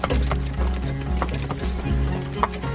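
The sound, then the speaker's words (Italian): A horse's hooves clip-clop at a steady walking pace, about half a dozen hollow knocks evenly spaced over a low, continuous rumble. “Ah no, seguiamo l'andatore del cavallo, che quello lo sa qual è il passo giusto.”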